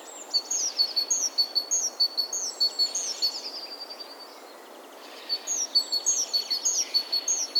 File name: Parus major